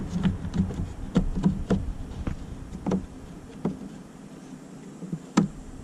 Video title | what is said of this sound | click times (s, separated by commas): How to Replace H7 Headlight Bulbs in a P80 Volvo 850, S70, V70 and C70 | there we go kind of locks into place make sure the bottom is also hooked up | 5.4 s